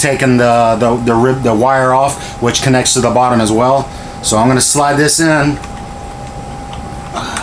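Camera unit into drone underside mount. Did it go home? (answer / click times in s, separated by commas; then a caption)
yes / 7.4 s. Someone talks while sliding a camera or gimbal unit into the underside clip of a Blade Chroma drone. A short, sharp snap is heard at 7.4 s as the unit seats in place.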